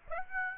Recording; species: mosquito wingbeat signal from an infrared sensor; Aedes aegypti